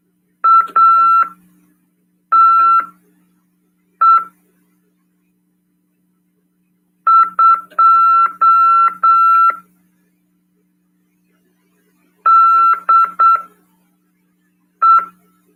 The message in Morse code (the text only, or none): ATE 2 DE